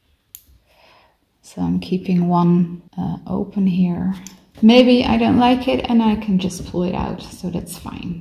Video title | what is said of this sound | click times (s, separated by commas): Learn How to Use Punch Needle and Embroidery to Create a Stunning Textured Piece! | and then make sure i hear a click so | 0.3 s